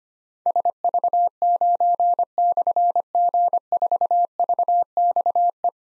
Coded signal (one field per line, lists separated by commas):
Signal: Morse code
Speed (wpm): 25 wpm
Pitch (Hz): 700 Hz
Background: none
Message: SV9/G4VXE